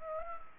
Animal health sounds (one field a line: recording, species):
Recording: mosquito wingbeat signal from an infrared sensor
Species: Anopheles arabiensis